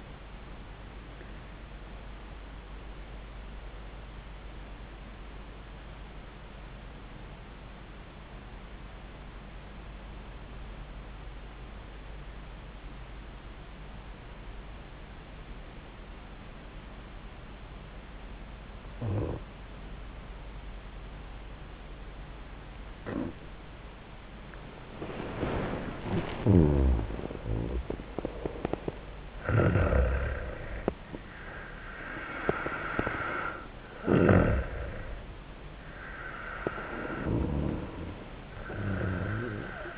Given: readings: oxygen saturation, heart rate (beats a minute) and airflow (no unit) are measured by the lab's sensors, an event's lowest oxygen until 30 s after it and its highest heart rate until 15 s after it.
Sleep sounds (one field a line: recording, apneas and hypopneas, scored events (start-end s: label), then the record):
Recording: breathing in sleep by a voice recorder at the bedside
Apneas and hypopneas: 1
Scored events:
4.00-24.30 s: obstructive apnea (N1, oxygen 97% highest, then 85% lowest)
From the record:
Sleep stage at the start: N1 (lightest sleep)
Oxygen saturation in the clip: 86 to 97%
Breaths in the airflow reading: 3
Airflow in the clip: -8.8 to 8.0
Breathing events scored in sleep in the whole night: 400 in 8.7 hours asleep